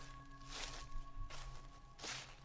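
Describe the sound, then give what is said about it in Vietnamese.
Three slow, crunchy footsteps on layers of dry leaves blown in from outside onto an earth floor, each a broad rustling burst about three-quarters of a second apart, with a faint steady hum underneath and no voices. “Tiếng bước chân dẫm lên những lớp lá bay từ bên ngoài vào.”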